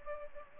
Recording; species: mosquito wingbeat signal from an infrared sensor; Anopheles arabiensis